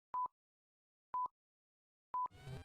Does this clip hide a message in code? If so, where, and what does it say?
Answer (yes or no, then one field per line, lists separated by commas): no